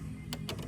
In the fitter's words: and here a little click